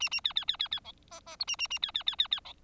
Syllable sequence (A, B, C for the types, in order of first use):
A A B B B B B C D D E A A A B B B B B C